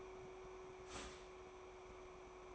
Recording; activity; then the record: daily activity, microphone in the room; start toaster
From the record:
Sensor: 1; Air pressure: 1004.3 hPa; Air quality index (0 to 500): 201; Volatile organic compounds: 19 ppm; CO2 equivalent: 2661 ppm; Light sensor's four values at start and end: 4/13/4/5 and 5/13/4/5